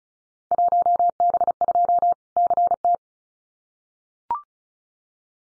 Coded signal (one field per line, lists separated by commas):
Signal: Morse code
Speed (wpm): 36 wpm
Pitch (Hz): 700 Hz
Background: none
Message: 1B2 CT